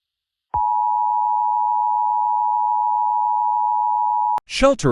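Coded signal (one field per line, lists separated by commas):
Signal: Emergency Alert System (SAME) tones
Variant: 853 and 960 Hz attention tone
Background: speech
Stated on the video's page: Fictional EAS scenario, not a real alert.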